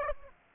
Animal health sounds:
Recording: mosquito wingbeat signal from an infrared sensor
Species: Aedes aegypti

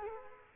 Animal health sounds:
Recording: mosquito wingbeat signal from an infrared sensor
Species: Culex quinquefasciatus

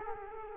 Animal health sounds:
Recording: mosquito wingbeat signal from an infrared sensor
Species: Culex quinquefasciatus

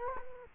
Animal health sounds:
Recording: mosquito wingbeat signal from an infrared sensor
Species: Culex quinquefasciatus

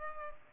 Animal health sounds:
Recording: mosquito wingbeat signal from an infrared sensor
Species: Culex pipiens

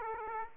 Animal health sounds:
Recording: mosquito wingbeat signal from an infrared sensor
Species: Aedes aegypti

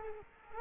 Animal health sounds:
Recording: mosquito wingbeat signal from an infrared sensor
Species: Culex quinquefasciatus

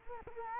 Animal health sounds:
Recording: mosquito wingbeat signal from an infrared sensor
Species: Culex quinquefasciatus

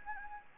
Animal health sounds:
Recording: mosquito wingbeat signal from an infrared sensor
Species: Anopheles gambiae

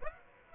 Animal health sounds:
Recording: mosquito wingbeat signal from an infrared sensor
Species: Aedes aegypti

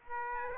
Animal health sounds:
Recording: mosquito wingbeat signal from an infrared sensor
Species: Aedes aegypti

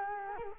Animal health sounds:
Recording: mosquito wingbeat signal from an infrared sensor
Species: Culex quinquefasciatus

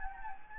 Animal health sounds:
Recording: mosquito wingbeat signal from an infrared sensor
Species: Anopheles gambiae

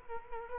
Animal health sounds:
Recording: mosquito wingbeat signal from an infrared sensor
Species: Culex quinquefasciatus

